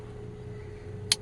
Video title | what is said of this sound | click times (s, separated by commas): 🔧 Honda Accord Window Switch Repair (Replace Controller) | And hear that snap. | 1.1 s